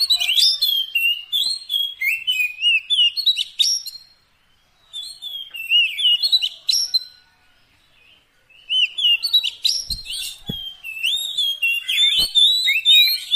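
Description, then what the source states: Oriental magpie-robin singing long runs of varied whistles and twitters, broken by two short silences, with a few clicks near the end. Fill-in (isian) training song meant to make a bird sing constantly (gacor) day and night.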